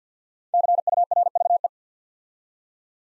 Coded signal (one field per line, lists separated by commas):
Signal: Morse code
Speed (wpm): 51 wpm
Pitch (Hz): 700 Hz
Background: none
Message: CURVE